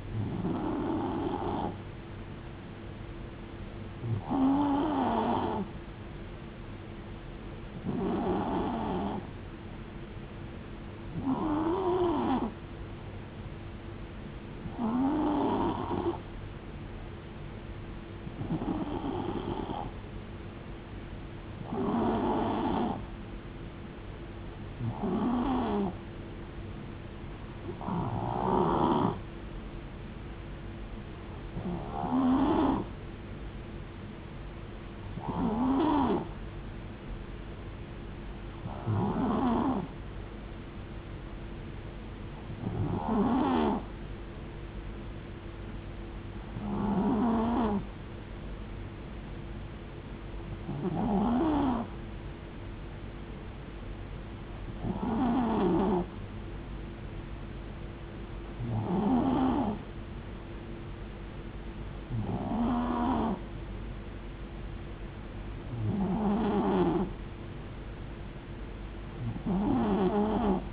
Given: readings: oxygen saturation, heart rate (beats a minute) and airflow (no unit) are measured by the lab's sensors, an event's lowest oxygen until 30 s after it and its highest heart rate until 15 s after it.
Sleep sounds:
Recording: breathing in sleep by a voice recorder at the bedside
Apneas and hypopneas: none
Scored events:
none scored
From the record:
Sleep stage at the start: N2 (light sleep)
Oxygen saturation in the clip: 90 to 93%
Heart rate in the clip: 63 to 75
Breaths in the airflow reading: 19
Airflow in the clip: -4.7 to 3.7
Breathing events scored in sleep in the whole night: 389 in 6.3 hours asleep

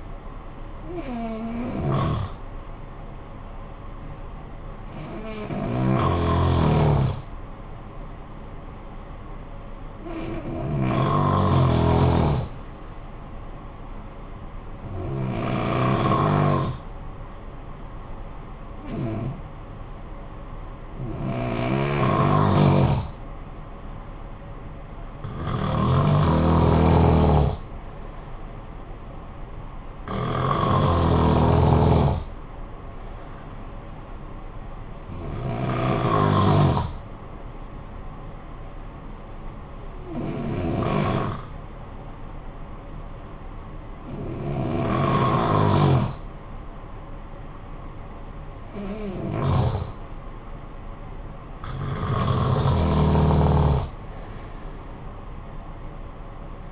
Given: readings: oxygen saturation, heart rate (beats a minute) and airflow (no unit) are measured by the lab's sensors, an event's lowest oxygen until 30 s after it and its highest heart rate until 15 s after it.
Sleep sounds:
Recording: breathing in sleep by a smartphone at the bedside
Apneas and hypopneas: 2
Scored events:
8.00-28.00 s: hypopnea (N2, oxygen 95% highest, then 89% lowest, heart rate 58 at the start, 64 highest)
35.00-51.70 s: hypopnea (N2, oxygen 93% highest, then 92% lowest, heart rate 62 at the start, 62 highest)
45.00-56.72 s: new sleep stage, N1 (lightest sleep)
From the record:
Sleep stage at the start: N2 (light sleep)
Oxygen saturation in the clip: 89 to 95%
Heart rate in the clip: 52 to 64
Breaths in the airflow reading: 13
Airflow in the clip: -13.2 to 5.3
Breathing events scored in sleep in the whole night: 445 in 7.6 hours asleep

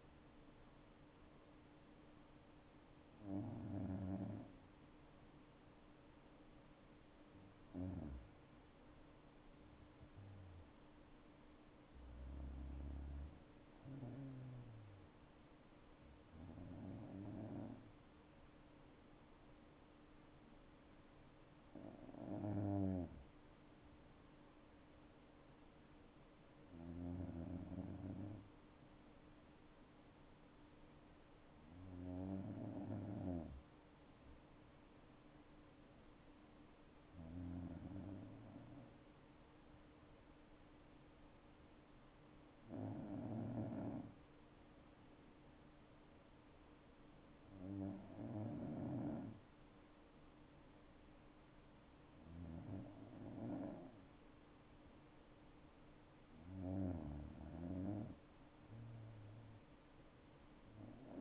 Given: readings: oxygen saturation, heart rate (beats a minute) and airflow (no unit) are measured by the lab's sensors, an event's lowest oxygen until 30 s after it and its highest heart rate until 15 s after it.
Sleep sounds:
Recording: breathing in sleep by a voice recorder at the bedside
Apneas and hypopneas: 1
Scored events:
27.00-53.20 s: hypopnea (N2, oxygen 96% highest, then 93% lowest, heart rate 60 at the start, 68 highest)
From the record:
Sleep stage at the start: N2 (light sleep)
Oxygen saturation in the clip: 94 to 97%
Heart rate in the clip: 60 to 71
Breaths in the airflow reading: 12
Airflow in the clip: -7.2 to 9.8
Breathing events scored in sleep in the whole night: 228 in 5.4 hours asleep

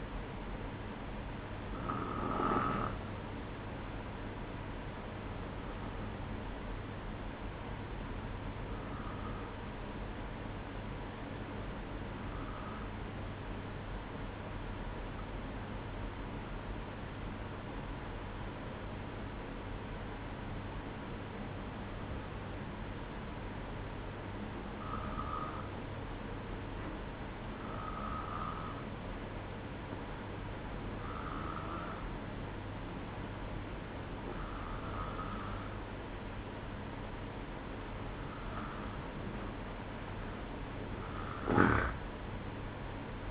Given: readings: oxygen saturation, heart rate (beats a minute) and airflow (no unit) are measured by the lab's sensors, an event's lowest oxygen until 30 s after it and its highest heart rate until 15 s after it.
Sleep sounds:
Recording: breathing in sleep by a voice recorder at the bedside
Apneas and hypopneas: 1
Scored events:
9.00-39.20 s: hypopnea (N2, oxygen 94% highest, then 91% lowest, heart rate 59 at the start, 67 highest)
From the record:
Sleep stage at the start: N2 (light sleep)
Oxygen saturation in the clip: 91 to 94%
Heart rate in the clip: 59 to 67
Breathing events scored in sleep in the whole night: 305 in 9.6 hours asleep

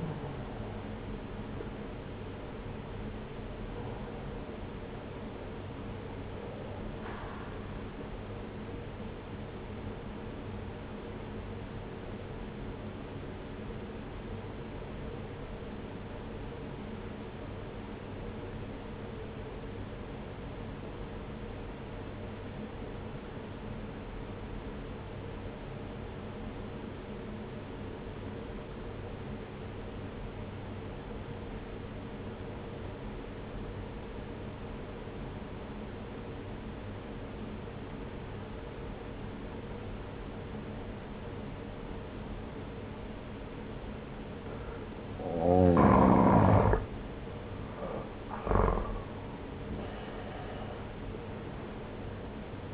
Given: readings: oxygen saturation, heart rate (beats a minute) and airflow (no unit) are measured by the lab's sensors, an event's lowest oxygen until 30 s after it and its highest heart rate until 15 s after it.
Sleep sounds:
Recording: breathing in sleep by a voice recorder at the bedside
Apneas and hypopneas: 1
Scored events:
11.00-46.20 s: obstructive apnea (N1, oxygen 95% highest, then 86% lowest)
24.00-52.74 s: new sleep stage, N2 (light sleep)
From the record:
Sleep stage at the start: N1 (lightest sleep)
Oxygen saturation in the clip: 87 to 95%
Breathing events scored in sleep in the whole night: 303 in 8.1 hours asleep

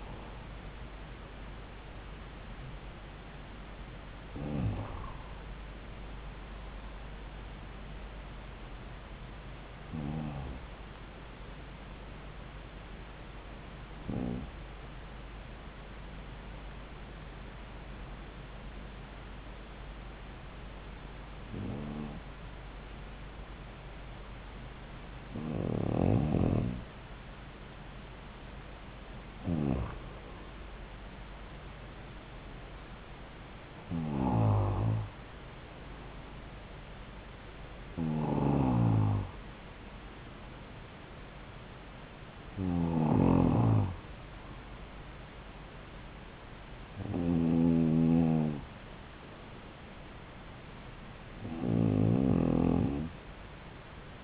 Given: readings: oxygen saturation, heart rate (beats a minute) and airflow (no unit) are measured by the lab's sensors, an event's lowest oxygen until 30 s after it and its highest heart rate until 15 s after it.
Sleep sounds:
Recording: breathing in sleep by a voice recorder at the bedside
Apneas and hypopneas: 1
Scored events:
9.00-29.70 s: hypopnea (N2, oxygen 96% highest, then 93% lowest)
From the record:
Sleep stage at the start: N2 (light sleep)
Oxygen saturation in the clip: 84 to 96%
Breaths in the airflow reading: 13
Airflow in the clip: -4.3 to 5.1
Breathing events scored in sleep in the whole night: 270 in 6.1 hours asleep

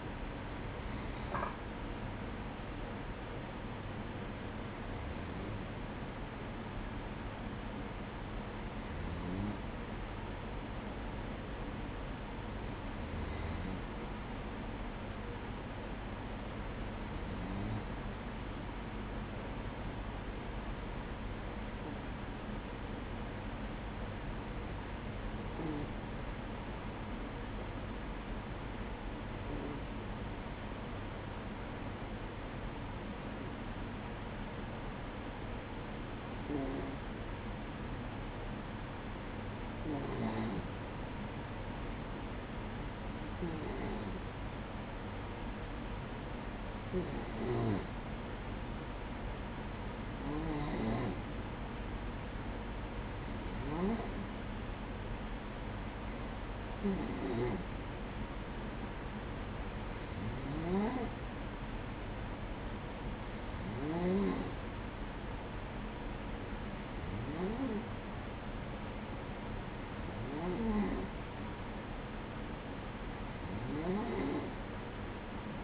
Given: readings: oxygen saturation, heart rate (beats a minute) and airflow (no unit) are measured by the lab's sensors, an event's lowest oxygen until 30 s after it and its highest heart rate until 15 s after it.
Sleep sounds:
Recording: breathing in sleep by a voice recorder at the bedside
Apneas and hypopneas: 1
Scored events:
4.00-50.10 s: hypopnea (N1, oxygen 97% highest, then 94% lowest, heart rate 59 at the start, 61 highest)
6.00-75.64 s: new sleep stage, N2 (light sleep)
From the record:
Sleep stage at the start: N1 (lightest sleep)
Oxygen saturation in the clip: 94 to 97%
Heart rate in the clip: 55 to 65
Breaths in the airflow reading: 21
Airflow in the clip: -9.2 to 7.9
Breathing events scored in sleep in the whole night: 180 in 6.7 hours asleep

